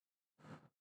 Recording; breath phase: one breath near a microphone; exhalation